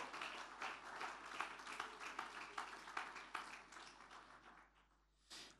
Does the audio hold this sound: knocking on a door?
no